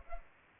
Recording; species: mosquito wingbeat signal from an infrared sensor; Culex pipiens